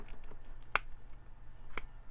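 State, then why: Seated. With the legs held together and the upper body gripped, the torso of a plastic action figure is pulled apart until a hidden articulation joint snaps out into its extended position, giving extra articulation. A sharp little snap rings out at 0.8 s over faint handling rustle, followed by a softer tick at 1.8 s. The joint is seated.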